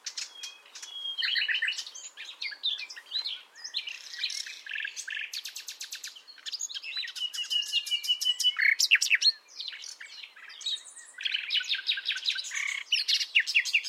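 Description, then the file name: Common nightingale in full song: rich mix of rapid rattling note series, buzzy trills and slurred whistles, changing phrase every few seconds. "Luscinia megarhynchos"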